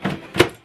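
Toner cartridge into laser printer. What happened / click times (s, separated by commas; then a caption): The cartridge clicked into place / 0.4 s. A toner cartridge is slid straight into an HP LaserJet 135W laser printer along its guide rails and set in the middle. A short sound comes at 0.1 s, then a sharp click at 0.4 s as the cartridge seats in position. No one talks in the clip.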